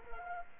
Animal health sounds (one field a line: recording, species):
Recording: mosquito wingbeat signal from an infrared sensor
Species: Culex quinquefasciatus